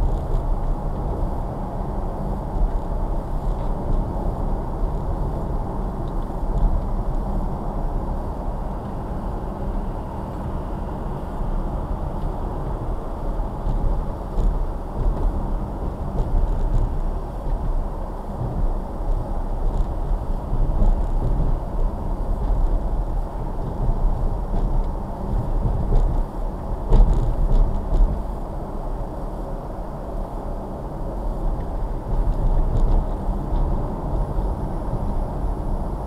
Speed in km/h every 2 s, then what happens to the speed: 61, 61, 60, 53, 52, 50, 58, 58, 58, 58, 60, 60, 61, 61, 61, 61, 61, 64.
0-10 slows to 50. 10-36 speeds up to 64.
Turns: none.